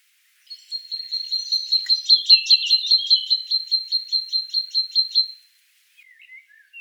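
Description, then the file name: Great tit giving a long rapid series of many high, ticking notes in a steady run, followed by a few brief soft chirps. "Parus major"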